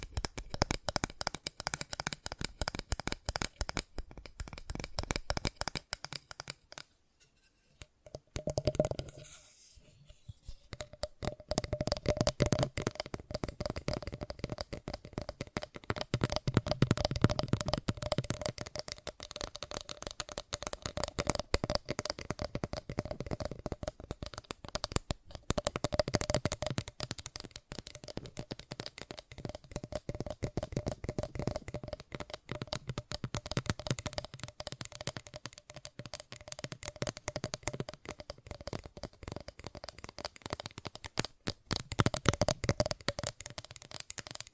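Fast tapping runs for the whole 45 seconds in dense, rapid clicks with a crisp, card-like edge. A steady faint tone hums underneath. Around the eight-second mark the tapping drops out briefly, then resumes and continues at an even pace to the end.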